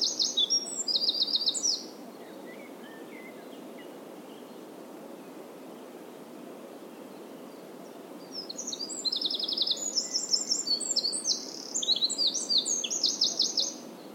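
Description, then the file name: Eurasian wren: a brief burst of shrill trilling song, several seconds of quiet hiss, then a second long rapid song phrase of high trills and twitters. "Troglodytes troglodytes"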